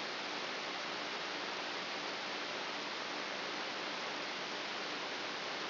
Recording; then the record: brain microelectrode recording played as sound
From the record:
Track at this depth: inside the subthalamic nucleus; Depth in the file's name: 4.64 mm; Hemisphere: right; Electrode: 2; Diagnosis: Parkinson's disease